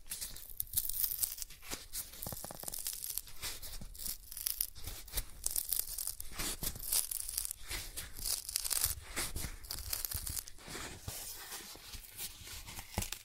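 Cardboard being scratched and torn, a dense run of rough, papery scraping that continues for the whole stretch. Short ripping bursts and sharp crackles break through every second or so, bright and gritty, over a steady low rumble.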